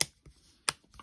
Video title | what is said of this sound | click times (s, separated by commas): How to replace all keycaps on a MacBook Pro A2141, A2251, A2289 and A2338 Intel & M1 (2019 - 2021) | should hear and feel it click into place | 0.0 s, 0.7 s